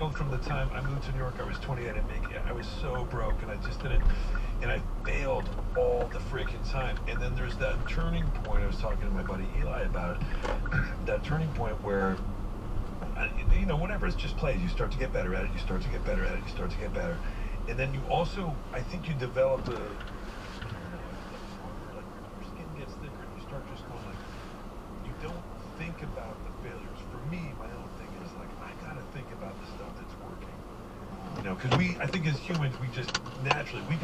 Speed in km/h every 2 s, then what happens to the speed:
6, 10, 13, 11, 10, 13, 13, 10, 6, 0, 0, 0, 0, 0, 0, 0, 0.
0-4 speeds up to 13. 4-12 steady at about 13. 12-18 slows to 0. 18-34 standing.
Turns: 5-9.